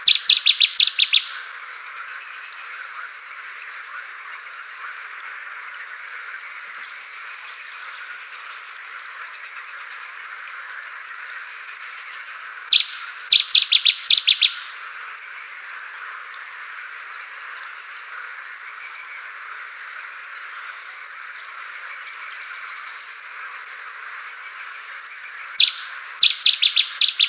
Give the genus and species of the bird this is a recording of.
Cettia cetti